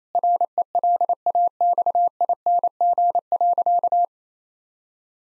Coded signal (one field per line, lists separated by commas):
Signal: Morse code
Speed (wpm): 27 wpm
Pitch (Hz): 700 Hz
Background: none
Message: RELAXING.